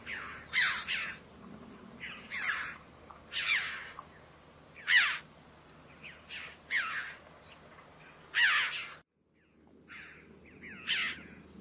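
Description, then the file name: Red-billed chough giving harsh, scratchy calls, some in quick pairs, with a short pause near the end before more calls. "Canto do gralha de bico vermelho"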